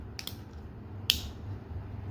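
The toe of a plastic Transformers Legacy Deluxe Kickback toy's leg is turned and the foot/leg piece is pushed into its small leg enclosure. Two faint ticks at about 0.2 and 0.3 s come before one sharp, very small click at 1.1 s, when the piece seats in place.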